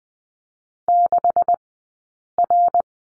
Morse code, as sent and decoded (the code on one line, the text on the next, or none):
-.... .-.
6R